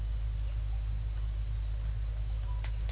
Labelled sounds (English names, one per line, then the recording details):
none
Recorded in secondary vegetation near Puerto Asís, Putumayo, Colombia, on 18 December 2024 at 17:00
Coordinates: 0.499, -76.323
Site G010